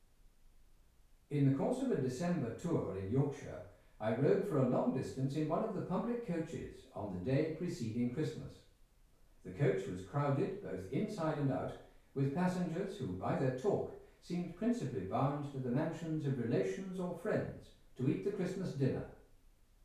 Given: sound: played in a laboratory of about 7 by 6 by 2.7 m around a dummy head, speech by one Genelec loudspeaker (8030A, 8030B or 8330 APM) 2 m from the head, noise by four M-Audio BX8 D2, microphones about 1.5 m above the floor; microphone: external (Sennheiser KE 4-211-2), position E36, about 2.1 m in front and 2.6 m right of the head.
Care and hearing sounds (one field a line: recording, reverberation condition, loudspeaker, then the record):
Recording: male speech in English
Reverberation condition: medium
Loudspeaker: in front (0 degrees)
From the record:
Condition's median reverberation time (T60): about 510 ms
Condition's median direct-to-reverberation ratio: about -0.5 dB